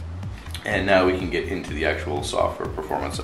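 A plastic I/O cover on a Herotab M10 Android 2.2 tablet is pressed back onto the tablet housing and pops back on top with a sharp click at 0.5 s, so it is seated. Someone talks over the rest of the clip.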